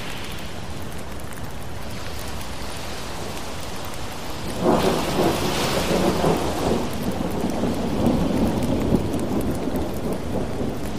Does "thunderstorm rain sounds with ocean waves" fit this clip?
yes